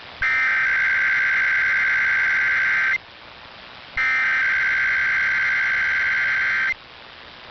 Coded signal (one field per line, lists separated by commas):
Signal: Emergency Alert System (SAME) tones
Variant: header bursts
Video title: Required Monthly Tests from May 4 2026 EAS 652-656